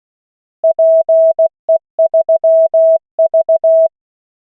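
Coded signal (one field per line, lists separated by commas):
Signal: Morse code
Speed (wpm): 16 wpm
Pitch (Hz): 650 Hz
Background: none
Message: PE3V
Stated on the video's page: Morse callsign practice drill at 16 WPM from an online CW trainer.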